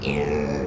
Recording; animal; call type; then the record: contact call of a hoofed animal; pig; closed-mouth grunt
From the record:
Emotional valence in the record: negative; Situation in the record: short social isolation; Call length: 0.68 s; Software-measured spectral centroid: 1950 Hz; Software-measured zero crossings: 1330 a second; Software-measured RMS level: -24 dBFS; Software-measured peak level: -10 dBFS